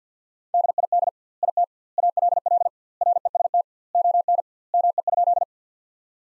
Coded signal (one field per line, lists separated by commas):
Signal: Morse code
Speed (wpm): 50 wpm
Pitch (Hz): 700 Hz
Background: none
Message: DID IT ALL REST ON ME?